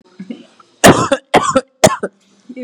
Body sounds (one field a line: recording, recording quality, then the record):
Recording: heavy voluntary cough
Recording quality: excellent, no background noise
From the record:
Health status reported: COVID-19 positive, mild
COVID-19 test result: positive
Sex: male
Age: 24 years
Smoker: no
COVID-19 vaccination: both doses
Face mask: not worn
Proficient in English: yes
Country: India